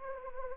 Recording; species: mosquito wingbeat signal from an infrared sensor; Anopheles gambiae